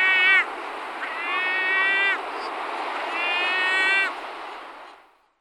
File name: racek-žlutonohý